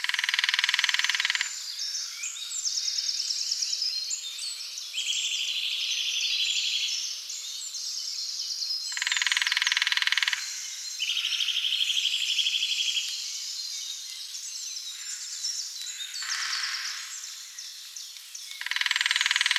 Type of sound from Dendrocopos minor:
drumming